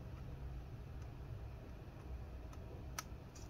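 An antenna wire connector that had clicked on by itself is popped off and pressed back onto its socket on the wireless card of an MSI GS63 Stealth 8RE-010US laptop. A low steady hum runs under faint ticks, and a sharp, bright click rings out at 3.0 s. The connector is seated.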